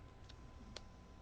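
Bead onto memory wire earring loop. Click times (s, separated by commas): 0.8 s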